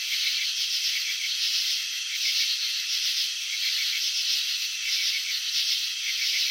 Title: Crickets in Slow Motion 📷. Capturing the Elegance of Chirping